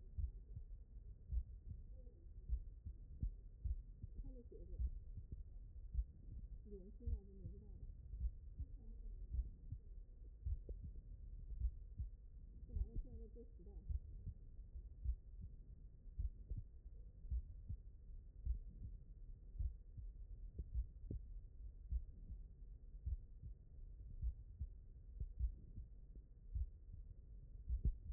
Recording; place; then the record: heart sounds by stethoscope; mitral valve (MV)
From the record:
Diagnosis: non-HFrEF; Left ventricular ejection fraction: 64%